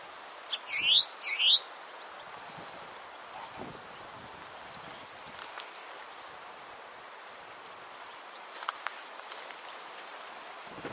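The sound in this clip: Bird calls: two quick rising chirps at the start, later a high, rapid buzzy trill of clicking pulses heard twice, over a soft continuous background hiss.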